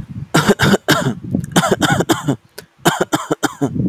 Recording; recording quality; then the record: shallow voluntary cough; excellent, no background noise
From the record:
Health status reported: healthy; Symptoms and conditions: none ticked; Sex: male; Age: 21 years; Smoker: not ticked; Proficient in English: yes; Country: India